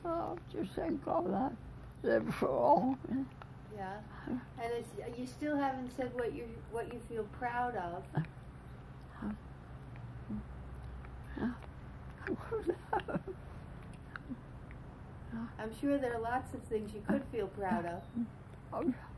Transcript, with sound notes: Oh, just thank God I lived [several words unclear]
Yeah? And you still haven't said what you — what you feel proud of. [chuckles] I'm sure there are lots of things you could feel proud of.